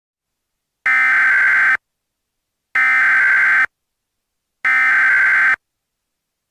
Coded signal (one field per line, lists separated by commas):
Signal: Emergency Alert System (SAME) tones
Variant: header bursts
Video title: EAS : Local Area Emergency